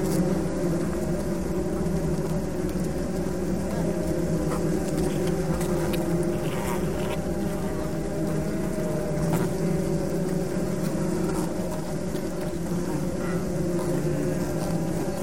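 Bees hum inside a beehive in a dense, steady low drone, with faint brief buzzes and ticks flickering above it throughout.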